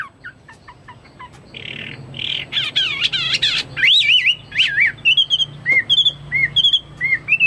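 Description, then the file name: Chinese hwamei song: soft falling chips, harsh buzzy notes, then loud wavering whistles and short repeated looping whistled phrases. "omkicau hwamei"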